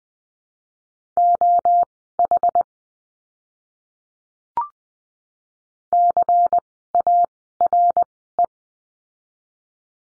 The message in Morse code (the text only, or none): OH CARE